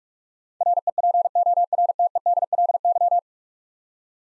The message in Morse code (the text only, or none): REPORTEDLY